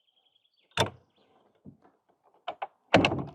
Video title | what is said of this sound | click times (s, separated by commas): Momentum M10 - apžvalga ir realūs bandymai | Įleidžiam žemyn. žemyn užsirakino. | 2.9 s, 3.1 s